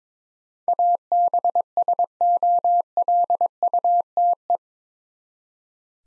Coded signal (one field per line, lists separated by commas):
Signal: Morse code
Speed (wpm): 22 wpm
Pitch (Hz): 700 Hz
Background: none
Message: ABSOLUTE